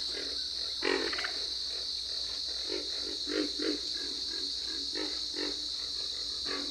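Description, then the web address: Pig frog grunts, low and hoarse, in uneven bursts, with a steady shrill insect or frog drone throughout. "Dan Gibson's Solitudes Frog Song. Pig Frog"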